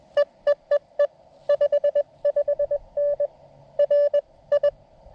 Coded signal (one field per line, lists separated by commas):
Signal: Morse code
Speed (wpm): 20 wpm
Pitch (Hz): 620 Hz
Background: none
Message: EEEE 55N RI